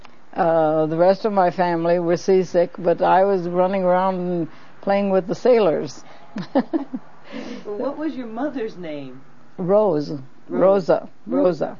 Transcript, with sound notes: the rest of my family were seasick but I was running around playing with the sailors (laughs)
What was your mother's name?
Rose - Rosa, Rosa.